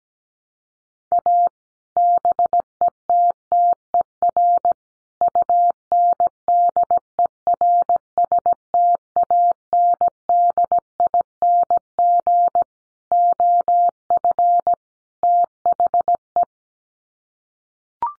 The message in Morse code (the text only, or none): A BETTER UNDERSTANDING OF THE